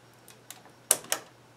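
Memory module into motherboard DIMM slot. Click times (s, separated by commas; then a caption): 0.9 s, 1.1 s. A 16GB Corsair Vengeance DDR4 2400 288-pin memory module is pushed down into a DIMM slot on an LGA 1151 motherboard until the retention latches snap. After faint ticks near 0.3 and 0.5 seconds, two sharp clicks ring out at 0.9 and 1.1 seconds. The module is seated.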